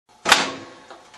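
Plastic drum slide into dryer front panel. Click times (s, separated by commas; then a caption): 0.3 s. A new plastic drum slide (bearing pad) is pulled and pushed into the metal front panel of a General Electric dryer until it hooks in. A sharp, loud snap at 0.3 s rings out and slowly decays, followed by a much fainter tap around 0.9 s. The slide is seated in the front panel.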